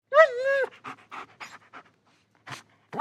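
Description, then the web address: German Shepherd dog giving a high, drawn-out whine, followed by a string of short breathy huffs and two brief sharp vocal bursts at the end. Whining and barking. "Big Room Sound Dog German Shepherd"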